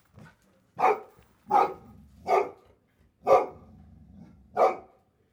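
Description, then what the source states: Dog barking, a faint bark then five loud hoarse barks spaced about a second apart, with faint rustling between them. Chained dog barking.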